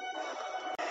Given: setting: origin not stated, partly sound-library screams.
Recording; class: one-second piece from a danger detection set; woman in danger